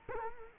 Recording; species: mosquito wingbeat signal from an infrared sensor; Culex quinquefasciatus